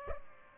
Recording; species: mosquito wingbeat signal from an infrared sensor; Aedes albopictus